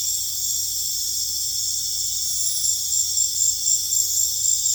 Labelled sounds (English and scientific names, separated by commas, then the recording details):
none
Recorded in dense forest near Puerto Asís, Putumayo, Colombia, on 20 December 2024 at 20:30
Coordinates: 0.484, -76.325
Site G056